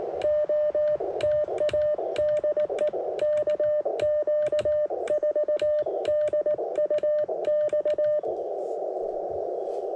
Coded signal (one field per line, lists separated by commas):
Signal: Morse code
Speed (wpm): 18 wpm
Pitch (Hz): 600 Hz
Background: radio noise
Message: OTA DE KQ4DUX